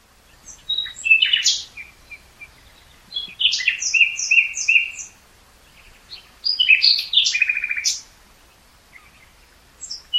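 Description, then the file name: Common nightingale song: a few rich phrases of fast repeated notes, trills and whistles, with short pauses between them. "Luscinia megarhynchos"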